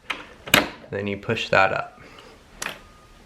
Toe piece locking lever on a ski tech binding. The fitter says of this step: you flip it there and it locks in place just like that